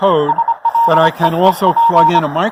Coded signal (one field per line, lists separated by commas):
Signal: Morse code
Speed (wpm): 24 wpm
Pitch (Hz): 920 Hz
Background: speech, radio noise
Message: SLEEP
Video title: Introduction to Ham Radio